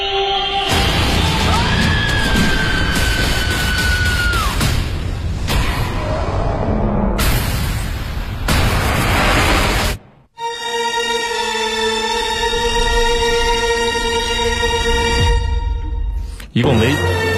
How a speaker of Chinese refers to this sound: 一共没几句词儿，里面除了恐龙的叫，就是女人的尖叫。